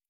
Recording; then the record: hydrophone in a shrimp aquaculture tank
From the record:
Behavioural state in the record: stressed